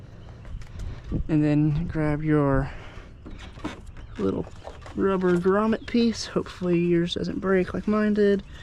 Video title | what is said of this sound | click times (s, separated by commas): 2007-2014 Cadillac Escalade HID Low Beam Headlight Replacement | Make sure it clicks all the way in like that till it snaps. | 0.4 s, 0.6 s